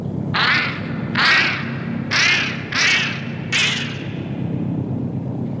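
Geese honk five times in an even, steady rhythm, each call a short, nasal, mid-pitched blare, with a constant low rumbling noise running underneath throughout.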